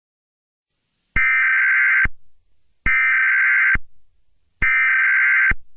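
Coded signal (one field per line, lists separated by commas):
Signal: Emergency Alert System (SAME) tones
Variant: header bursts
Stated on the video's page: Fictional EAS scenario.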